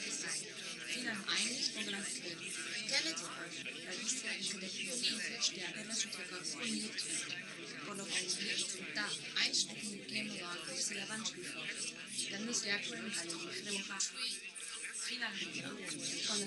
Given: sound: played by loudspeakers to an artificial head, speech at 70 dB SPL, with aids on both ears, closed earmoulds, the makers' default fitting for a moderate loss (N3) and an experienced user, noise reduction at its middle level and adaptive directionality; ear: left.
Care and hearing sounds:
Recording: speech test signal (ISTS) in cocktail-party noise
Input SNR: 0 dB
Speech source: on the right (90 degrees)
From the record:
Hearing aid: class 1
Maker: H

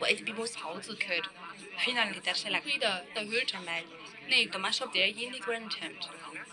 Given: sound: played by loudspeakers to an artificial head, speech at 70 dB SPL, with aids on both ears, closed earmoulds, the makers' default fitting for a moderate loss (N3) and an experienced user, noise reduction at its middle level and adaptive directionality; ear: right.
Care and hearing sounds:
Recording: speech test signal (ISTS) in cocktail-party noise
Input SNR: 0 dB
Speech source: on the right (90 degrees)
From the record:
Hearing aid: class 2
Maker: I

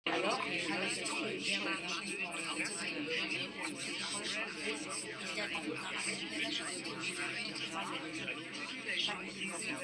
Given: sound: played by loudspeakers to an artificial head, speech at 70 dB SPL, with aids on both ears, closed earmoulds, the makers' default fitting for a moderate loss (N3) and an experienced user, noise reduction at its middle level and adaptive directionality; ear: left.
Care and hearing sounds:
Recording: speech test signal (ISTS) in cocktail-party noise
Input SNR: -6 dB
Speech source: on the right (90 degrees)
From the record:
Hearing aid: class 2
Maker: C

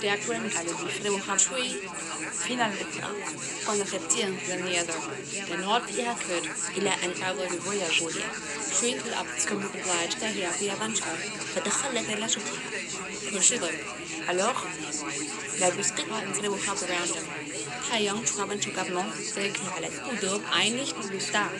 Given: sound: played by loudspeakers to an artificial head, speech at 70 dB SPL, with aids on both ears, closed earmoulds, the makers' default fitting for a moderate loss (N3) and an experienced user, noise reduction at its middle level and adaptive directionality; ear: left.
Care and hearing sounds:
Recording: speech test signal (ISTS) in cocktail-party noise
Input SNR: -6 dB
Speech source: in front (0 degrees)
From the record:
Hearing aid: class 2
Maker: E

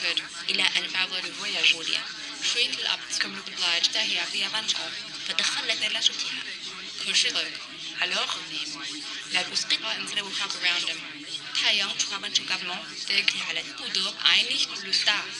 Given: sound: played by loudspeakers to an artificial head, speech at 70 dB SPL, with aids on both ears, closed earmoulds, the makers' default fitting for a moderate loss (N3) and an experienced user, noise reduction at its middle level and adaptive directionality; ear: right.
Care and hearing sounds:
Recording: speech test signal (ISTS) in cocktail-party noise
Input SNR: 0 dB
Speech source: on the right (90 degrees)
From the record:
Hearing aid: class 1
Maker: B

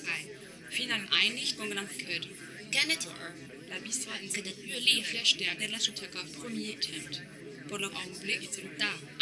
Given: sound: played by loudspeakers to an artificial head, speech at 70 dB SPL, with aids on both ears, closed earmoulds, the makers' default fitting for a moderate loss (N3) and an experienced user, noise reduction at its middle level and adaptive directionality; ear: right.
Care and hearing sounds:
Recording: speech test signal (ISTS) in cocktail-party noise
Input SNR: 0 dB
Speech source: in front (0 degrees)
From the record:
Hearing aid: class 2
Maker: J

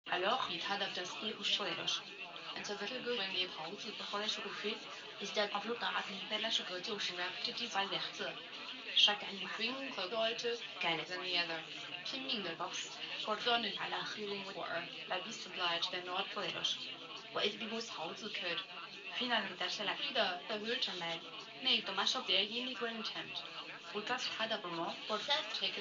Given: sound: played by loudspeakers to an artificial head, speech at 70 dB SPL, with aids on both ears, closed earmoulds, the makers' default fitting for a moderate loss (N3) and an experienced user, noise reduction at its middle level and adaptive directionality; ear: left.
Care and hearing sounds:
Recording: speech test signal (ISTS) in cocktail-party noise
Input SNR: +9 dB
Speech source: on the right (90 degrees)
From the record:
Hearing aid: class 1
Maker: G

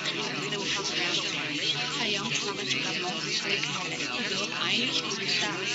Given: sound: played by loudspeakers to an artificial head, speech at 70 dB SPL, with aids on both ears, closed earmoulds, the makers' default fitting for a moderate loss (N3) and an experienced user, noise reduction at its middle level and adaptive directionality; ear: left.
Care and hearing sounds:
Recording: speech test signal (ISTS) in cocktail-party noise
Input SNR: -6 dB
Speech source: in front (0 degrees)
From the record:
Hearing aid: class 1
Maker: A

